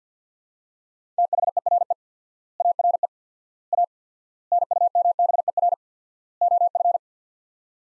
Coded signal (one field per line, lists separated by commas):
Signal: Morse code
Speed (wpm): 50 wpm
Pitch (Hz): 700 Hz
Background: none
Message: THERE ARE A NUMBER OF